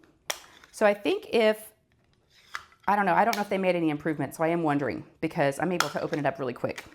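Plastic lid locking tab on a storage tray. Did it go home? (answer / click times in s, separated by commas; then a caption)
yes / 0.3 s. The clear plastic lid of an ARTDOT diamond-art storage tray, from a 60-tray set, is closed and its small locking tab is pressed home. One loud, sharp click comes at 0.3 s as the lid locks shut. A few softer taps follow, and then someone talks.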